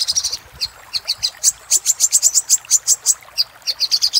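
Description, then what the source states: Little spiderhunter, repeated piercing high notes in a fast rhythm, broken by short pauses. Used for training cage birds.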